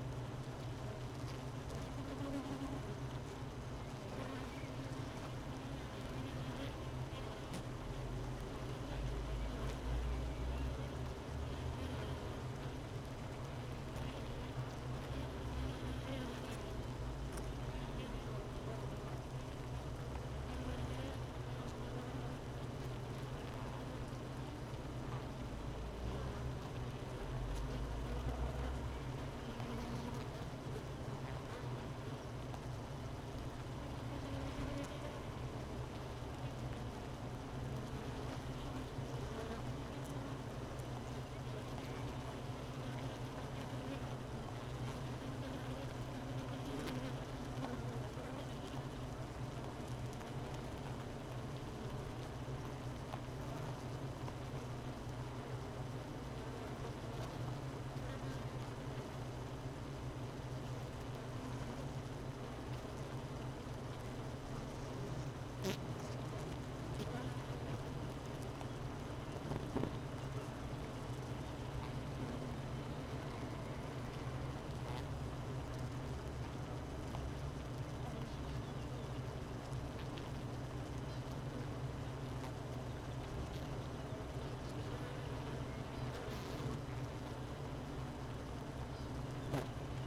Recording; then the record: honeybee colony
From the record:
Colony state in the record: missing queen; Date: 31 May 2018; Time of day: 13:05